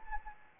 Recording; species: mosquito wingbeat signal from an infrared sensor; Anopheles arabiensis